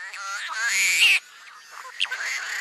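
Bird call, a loud harsh, rasping note ending abruptly after about a second, followed by quieter scratchy notes.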